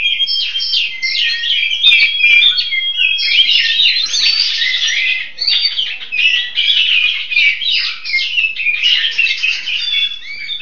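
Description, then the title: Long-tailed shrike, a steady stream of chattering, scratchy song with interwoven whistled slurs and squeaks, hardly any breaks. "Kicau Burung Pentet"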